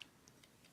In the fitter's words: clips into place like that I don't know if it's going in there you go like that